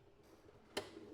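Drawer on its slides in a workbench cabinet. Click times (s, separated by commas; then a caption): 0.8 s. A workbench drawer with a newly mounted front is pushed back into its cabinet on its slides. A sharp click at 0.8 s marks the slide latch engaging, and the drawer is seated in place.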